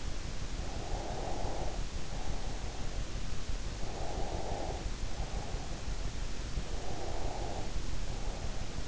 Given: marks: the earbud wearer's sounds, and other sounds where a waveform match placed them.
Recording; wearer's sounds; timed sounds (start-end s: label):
sounds in sleep by an in-ear microphone; breath
0.66-3.06 s: breath
3.85-5.65 s: breath
6.66-8.88 s: breath